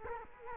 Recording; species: mosquito wingbeat signal from an infrared sensor; Culex quinquefasciatus